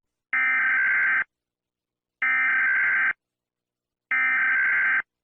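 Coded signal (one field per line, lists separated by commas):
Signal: Emergency Alert System (SAME) tones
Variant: header bursts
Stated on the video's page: Fictional EAS scenario mock, not a real alert.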